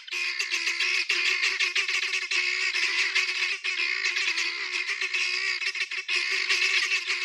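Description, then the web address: Guineafowl uttering loud harsh cackles in rapid succession, a rough, insistent chatter throughout. "aswat Dajaj Genia"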